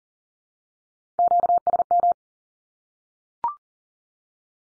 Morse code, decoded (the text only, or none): QSM